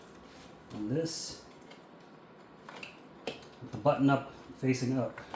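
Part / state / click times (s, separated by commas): vacuum handle onto wand / not seated / none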